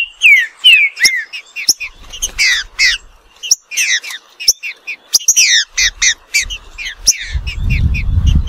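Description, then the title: Green-winged saltator song: a rapid run of clear, down-slurred whistles and sharp chips, with brief gaps and a low rumble near the end. Bird named Nicão in the bush, singing in a contest against a free-living bird. "Trinca Ferro NICÃ O No Mato Disputando Com Solto"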